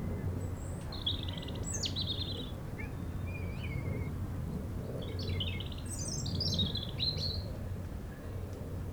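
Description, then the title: European robin song of thin, descending and wavering phrases, some trilled, alternating with brief pauses, over a soft continuous wind roar. Chindrieux, France; sunny sloping lawn at Châtillon beach, sheltered from the north wind; robin singing not far away; wind rumbling in the trees. "Chem. des Rubellines, Chindrieux, France - rouge gorge"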